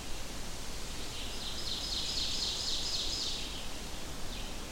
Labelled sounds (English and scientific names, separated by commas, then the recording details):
Ovenbird (Seiurus aurocapilla) song
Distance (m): 45 m
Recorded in boreal forest in Alberta, Canada, on 25 June 2016 at 07:44
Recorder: SongMeter 3, array SBT-6-76
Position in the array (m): 13 m, 108 m
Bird 2